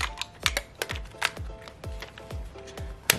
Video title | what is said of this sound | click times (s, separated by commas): Building A Custom Nano Red Sea Reefer 350, Unboxing My Nano Skimmer And Almost Finishing The Build | goes back onto there and clicks onto there, brilliant. | 3.1 s